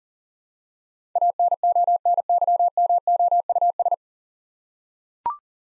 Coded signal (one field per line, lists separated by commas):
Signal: Morse code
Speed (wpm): 38 wpm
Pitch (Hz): 700 Hz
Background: none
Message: ANONYMOUS